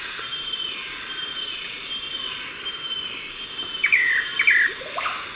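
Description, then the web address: Blue-backed manakin song, a pair of quick burry phrases late, with a constant high insect drone. South America, eastern lowlands. "S America Eastern Lowlands - Chiroxiphia pareola, song"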